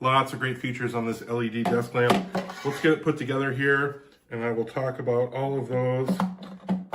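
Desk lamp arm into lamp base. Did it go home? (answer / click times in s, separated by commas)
no / none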